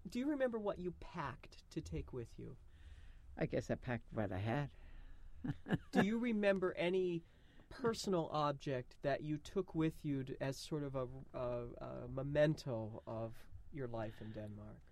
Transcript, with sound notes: Do you remember what you packed to take with you?
I guess I packed what I had. (she laughs)
Do you remember any personal object that you took with you as sort of a, a memento of your life in Denmark?